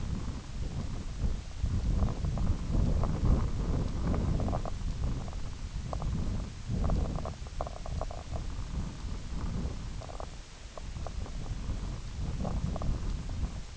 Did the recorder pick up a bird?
no